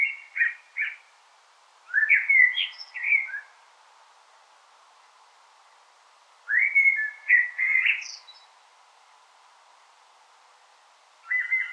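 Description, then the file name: Common blackbird delivering rich warbled phrases separated by pauses, with brief high squeaky notes tucked into the ends. "Turdus merula"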